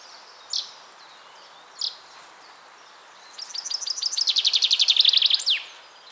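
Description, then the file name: Common chaffinch song: two sharp high notes, then a series of bright chirps growing louder into a rattling trill and ending with a downward flourish. "Fringilla coelebs"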